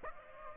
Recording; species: mosquito wingbeat signal from an infrared sensor; Aedes aegypti